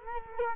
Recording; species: mosquito wingbeat signal from an infrared sensor; Culex quinquefasciatus